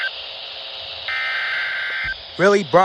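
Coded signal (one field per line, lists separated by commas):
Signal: Emergency Alert System (SAME) tones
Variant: header bursts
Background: speech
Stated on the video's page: Severe thunderstorm warning on weather radio station KHB38 and FM station WLRB-FM.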